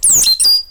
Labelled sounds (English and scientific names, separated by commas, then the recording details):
Stitchbird (Notiomystis cincta) song
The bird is a male
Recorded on Tiritiri Matangi Island, New Zealand, in 2005
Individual 12, of nest box 16